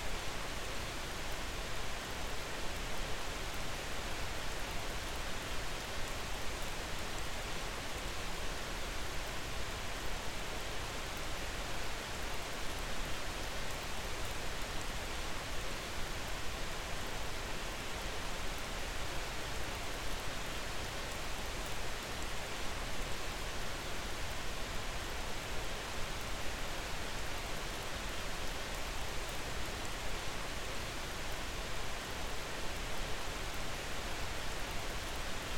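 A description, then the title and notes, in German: Raindrops strike asphalt in a dense, steady hiss that never lets up, bright with a soft low rumble underneath. Alpenregen. Wir Reisen in ein verregnetes Alpendorf und hören den Regentropfen beim Auftreffen auf den Asphalt zu.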